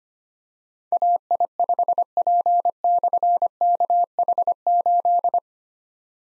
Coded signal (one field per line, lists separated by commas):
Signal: Morse code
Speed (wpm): 25 wpm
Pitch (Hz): 700 Hz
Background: none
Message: AI5P/KH8